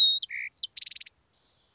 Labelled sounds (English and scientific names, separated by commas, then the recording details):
Song Sparrow (Melospiza melodia)
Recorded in Sonoma County, California